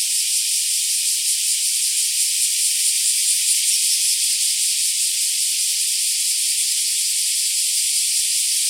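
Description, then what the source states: Black cicadas giving a steady, rattling high-pitched whirr, with nothing else audible. More than one black cicada.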